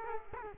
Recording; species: mosquito wingbeat signal from an infrared sensor; Culex quinquefasciatus